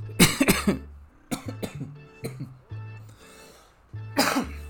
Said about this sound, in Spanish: perdón, me dio un ataquecito de tos.